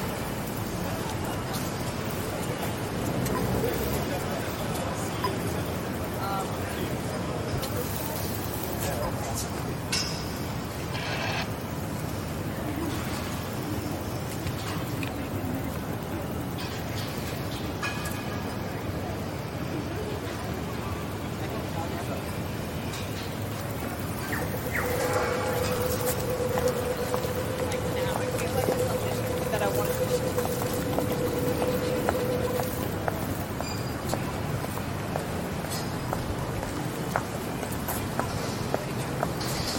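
Walking along George Street amid pedestrians' voices and steady traffic noise, with a sustained tram-like tone around 25–33 seconds and occasional clicks.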